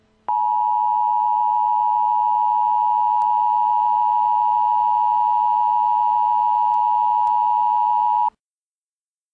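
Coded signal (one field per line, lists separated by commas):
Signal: Emergency Alert System (SAME) tones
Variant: 853 and 960 Hz attention tone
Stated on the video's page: Fictional EAS scenario of a nuclear bombing for the Central US; simulated alert.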